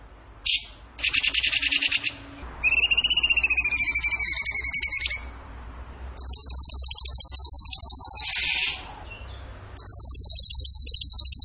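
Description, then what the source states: Bird song: a brief sharp note, a buzzy trill, a run of wavering whistled notes, then two long, fast, very high trills. Tembakan gacor song style, used as masteran to train other songbirds.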